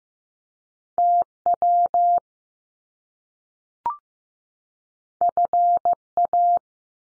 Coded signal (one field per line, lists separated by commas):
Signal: Morse code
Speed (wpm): 15 wpm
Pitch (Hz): 700 Hz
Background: none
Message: T WF A